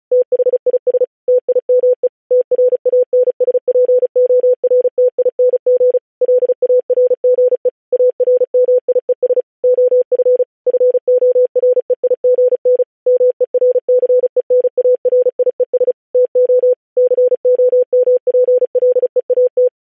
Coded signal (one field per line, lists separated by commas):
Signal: Morse code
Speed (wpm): 36 wpm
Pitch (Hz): 500 Hz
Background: none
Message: THIS TIME TRANSPORTING LARGE ARMIES OF FOREIGN MERCENARIES TO COMPLEAT